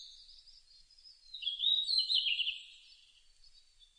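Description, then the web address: Red-flanked bluetail giving one brief, sweet warbling phrase that falls slightly, with faint high sounds before and after. Recorded on 4 June 2006. "2006 060604 ruribitaki"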